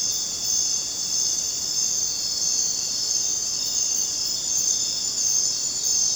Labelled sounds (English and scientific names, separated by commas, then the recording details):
none
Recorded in dense forest near Puerto Asís, Putumayo, Colombia, on 22 June 2025 at 20:30
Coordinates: 0.484, -76.317
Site G045